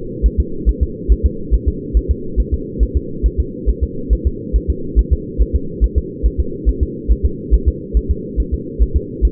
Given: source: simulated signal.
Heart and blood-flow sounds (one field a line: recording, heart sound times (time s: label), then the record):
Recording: fetal heart sounds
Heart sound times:
0.26 s: S1
0.40 s: S2
0.69 s: S1
0.83 s: S2
1.12 s: S1
1.26 s: S2
1.54 s: S1
1.68 s: S2
1.97 s: S1
2.11 s: S2
2.40 s: S1
2.54 s: S2
2.83 s: S1
2.97 s: S2
3.26 s: S1
3.40 s: S2
3.70 s: S1
3.83 s: S2
4.13 s: S1
4.27 s: S2
4.56 s: S1
4.70 s: S2
4.99 s: S1
5.13 s: S2
5.42 s: S1
5.56 s: S2
5.84 s: S1
5.98 s: S2
6.26 s: S1
6.40 s: S2
6.69 s: S1
6.83 s: S2
7.12 s: S1
7.26 s: S2
7.54 s: S1
7.68 s: S2
7.97 s: S1
8.11 s: S2
8.40 s: S1
8.54 s: S2
8.82 s: S1
8.96 s: S2
9.25 s: S1
From the record:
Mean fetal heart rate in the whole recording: 140 bpm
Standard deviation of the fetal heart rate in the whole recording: 2 bpm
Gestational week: 34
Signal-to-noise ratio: -4.3 dB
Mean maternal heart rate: 72 bpm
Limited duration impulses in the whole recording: absent